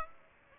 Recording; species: mosquito wingbeat signal from an infrared sensor; Aedes aegypti